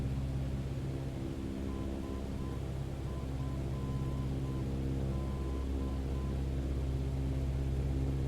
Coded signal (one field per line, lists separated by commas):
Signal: Morse code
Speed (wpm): 7 wpm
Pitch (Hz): 1020 Hz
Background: none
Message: SFD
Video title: VR |PIMAX8KX | FS Academy | IFR 03 | NDB/VOR TRACKING ANALOG